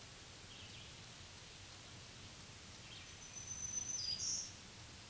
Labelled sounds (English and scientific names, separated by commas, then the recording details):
Black-throated Green Warbler (Setophaga virens) song
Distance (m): 25 m
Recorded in a Pennsylvania forest on 1 June 2023 at 07:02
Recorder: AudioMoth, point grid3_8_high
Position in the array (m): 124 m, 112 m